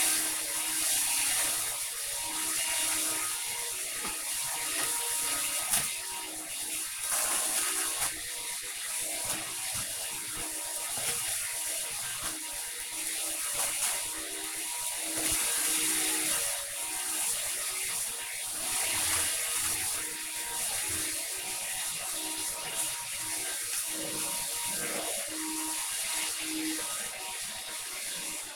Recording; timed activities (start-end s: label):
household activities, microphone on the right wrist
0.00-26.46 s: vacuum cleaning